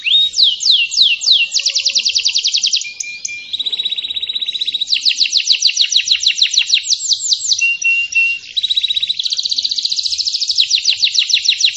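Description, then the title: Canary singing a long unbroken series of rapid trills, rolling rattles and brief steady whistled notes, phrases changing every few seconds at high pitch. Singing energetically and persistently, with long rolling trills. "Kenari Manasaja"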